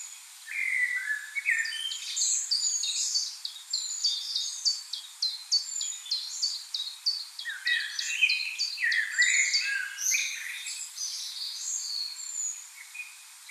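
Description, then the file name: Common blackbird giving a few low, fluty warbled phrases amid a dense, continuing run of sharp, high, downward-sliding notes from another bird. "Turdus merula"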